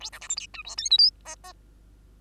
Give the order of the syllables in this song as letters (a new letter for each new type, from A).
A B C D E F G H I J K K